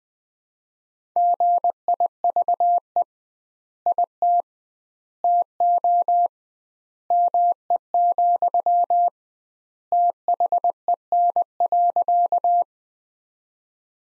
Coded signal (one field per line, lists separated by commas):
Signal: Morse code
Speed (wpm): 21 wpm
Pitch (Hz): 700 Hz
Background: none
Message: GIVE IT TO ME, THEN.